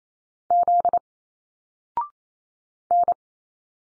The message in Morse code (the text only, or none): Z N